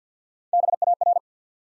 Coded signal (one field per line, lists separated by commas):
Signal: Morse code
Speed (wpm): 50 wpm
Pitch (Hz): 700 Hz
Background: none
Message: B A R